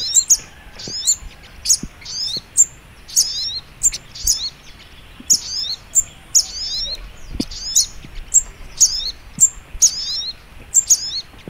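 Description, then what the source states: Little spiderhunter delivering sharp high-pitched chips mixed with short falling twitters, repeated over and over. Masteran (training) recording, titled Labaik.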